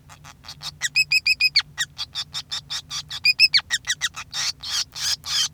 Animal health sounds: song of a male Bengalese finch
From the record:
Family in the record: son of father 5

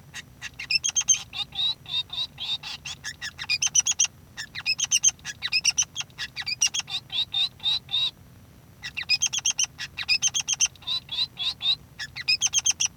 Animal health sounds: song of a male Bengalese finch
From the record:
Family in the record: son of father 3

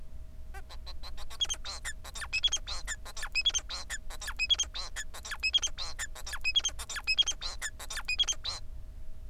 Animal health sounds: song of a male Bengalese finch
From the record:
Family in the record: son of father 4

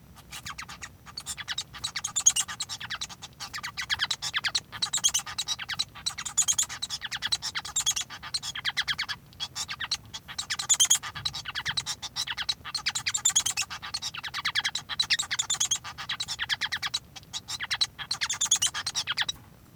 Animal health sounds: song of a male Bengalese finch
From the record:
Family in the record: son of father 1

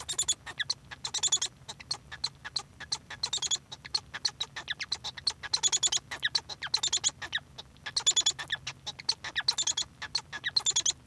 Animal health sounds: song of a male Bengalese finch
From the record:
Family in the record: son of father 1

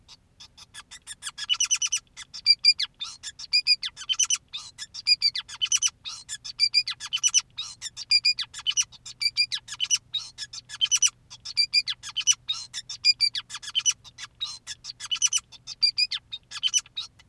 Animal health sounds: song of a male Bengalese finch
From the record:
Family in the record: son of father 2, and himself father 5

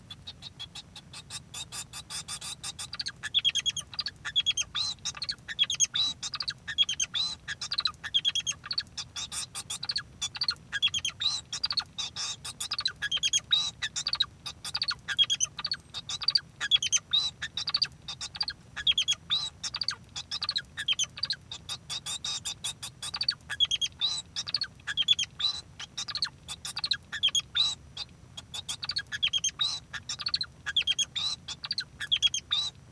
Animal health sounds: song of a male Bengalese finch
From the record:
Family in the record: son of father 2

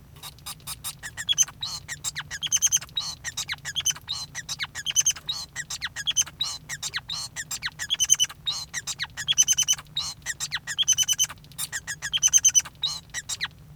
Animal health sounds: song of a male Bengalese finch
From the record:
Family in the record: son of father 5

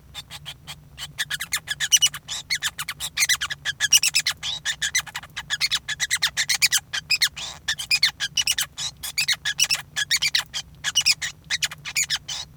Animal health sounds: song of a male Bengalese finch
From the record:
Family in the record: son of father 5

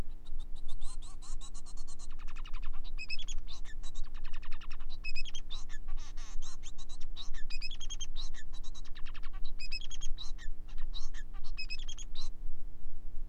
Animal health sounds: song of a male Bengalese finch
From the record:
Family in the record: son of father 4

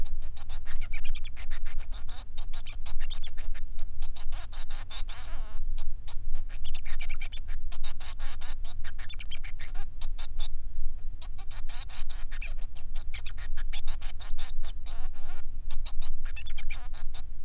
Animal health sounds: song of a male Bengalese finch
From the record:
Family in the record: son of father 3

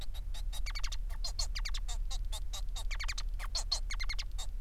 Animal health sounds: song of a male Bengalese finch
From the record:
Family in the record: son of father 4

